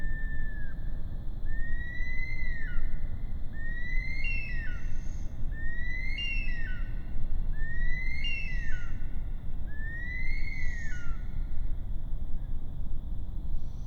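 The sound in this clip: Bush stone-curlew giving drawn-out wailing whistles that rise, hold, then drop sharply, several calls roughly two seconds apart, with brief hissy bursts.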